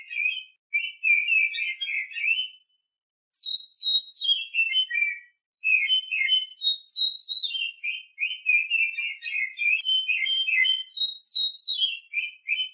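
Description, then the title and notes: Oriental magpie-robin delivering varied song phrases of warbles and fast trills, some with high descending whistles, separated by brief silences. Champion (juara) bird. "Kicau Burung Kacer Juara. Suara Kicauan Burung Kacer Juara"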